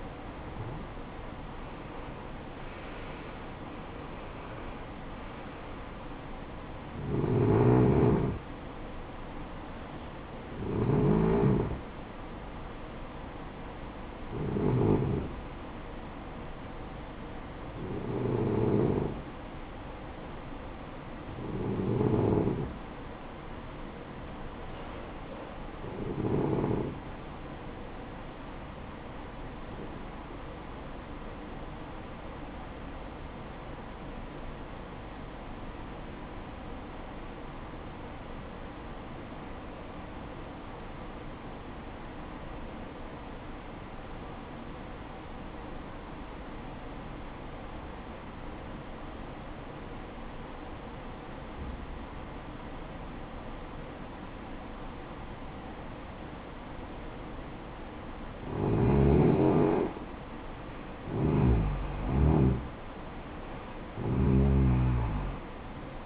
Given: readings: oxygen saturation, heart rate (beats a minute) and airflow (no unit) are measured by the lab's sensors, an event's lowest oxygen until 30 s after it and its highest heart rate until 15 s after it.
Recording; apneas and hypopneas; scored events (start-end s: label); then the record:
breathing in sleep by a voice recorder at the bedside; 1
13.00-66.06 s: new sleep stage, N2 (light sleep)
34.00-60.90 s: obstructive apnea (N2, oxygen 96% highest, then 87% lowest, heart rate 57 at the start, 69 highest)
From the record:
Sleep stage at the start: N1 (lightest sleep); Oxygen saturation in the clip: 88 to 96%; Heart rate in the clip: 53 to 70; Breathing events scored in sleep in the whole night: 573 in 9.8 hours asleep